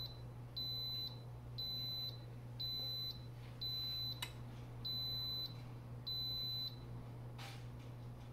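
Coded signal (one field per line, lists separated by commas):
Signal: beep code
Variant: Instant Pot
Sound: six high-pitched half-second beeps about a second apart, then a click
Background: low electrical hum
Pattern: 6 short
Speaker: it switched to off it turned off the machine when the satellite function reached the maximum level of pressure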